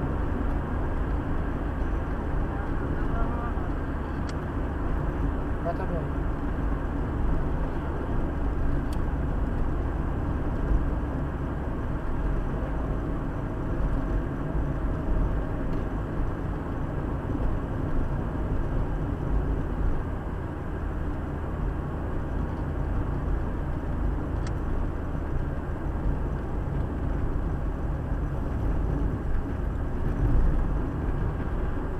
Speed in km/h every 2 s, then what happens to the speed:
72, 70, 69, 68, 67, 65, 65, 63, 62, 61, 60, 59, 58, 56, 55, 57.
0-27 slows to 55.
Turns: none.